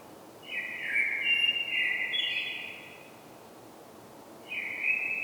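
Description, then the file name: Common blackbird singing a rich, mellow warbled phrase lasting about two and a half seconds with thin high notes over it, followed by a pause and the start of another phrase. "Turdus merula"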